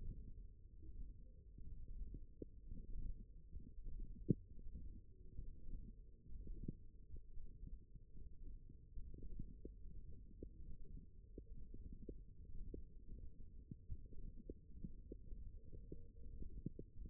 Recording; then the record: forearm muscle sounds (acoustic myography)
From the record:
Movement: index flexion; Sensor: system 1, eight BSWA MPA416 microphones around the upper forearm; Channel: 4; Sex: male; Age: 23 years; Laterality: right